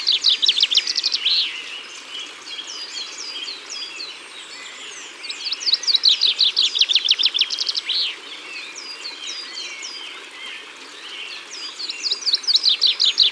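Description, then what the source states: Repeated Common Chaffinch song: three brisk descending trills spaced several seconds apart, the last cut off, with soft chirps between. Recorded at the water's edge.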